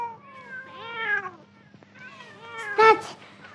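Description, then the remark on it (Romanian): Several cats meow over one another in long, wavering cries that bend up and down in pitch, then a louder, sharper meow rings out near the end over a faint steady hum. “Stați pisicuțelor că vă dau la toate de mâncare, îndată.”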